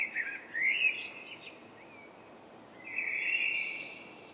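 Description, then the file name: Eurasian blackbird singing: a short fluty warble with brief high squeaks, a pause, then another rich whistled phrase with a thin high overtone, against soft background noise. "Turdus merula"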